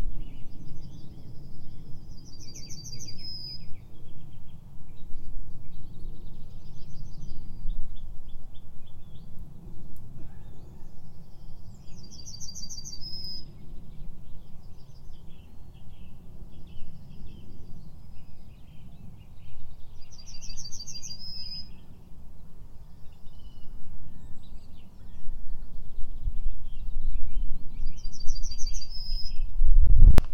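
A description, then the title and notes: A yellowhammer repeats its song about every seven seconds, a run of thin, high buzzy notes that ends in a brighter, drawn-out phrase. Other small birds call faintly between songs. A steady low rumble of wind or traffic runs underneath and swells near the end. 2020 BIRD SOUNDS FROM THE FIELD 4 - YELLOWHAMMER SONG. This Yellowhammer (Emberiza citrinella) is a beautiful farmland bird.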